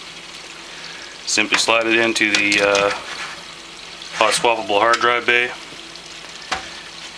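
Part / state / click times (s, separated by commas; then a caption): hard drive caddy into hot-swap drive bay of PC case / seated / 6.5 s. A hard drive mounted in its plastic caddy is slid into the hot-swappable drive bay of an AZZA Fusion 4000 ATX Super Full Tower PC case and pushed until it latches. Someone talks over a steady low hiss, then a single short, sharp click sounds at 6.5 s as the caddy seats in the bay.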